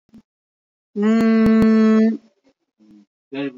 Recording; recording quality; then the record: sustained vowel as in boot; poor, much background noise or distortion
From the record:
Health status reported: recovered from COVID-19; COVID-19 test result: positive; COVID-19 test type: RT-PCR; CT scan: not taken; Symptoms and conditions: cough, cold, sore throat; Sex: female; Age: 41 years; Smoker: no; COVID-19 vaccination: both doses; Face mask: worn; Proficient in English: yes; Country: India